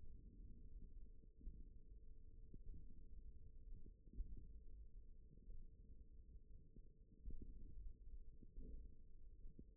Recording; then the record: forearm muscle sounds (acoustic myography)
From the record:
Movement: finger pinch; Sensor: system 1, eight BSWA MPA416 microphones around the upper forearm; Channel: 4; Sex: female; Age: 20 years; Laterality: right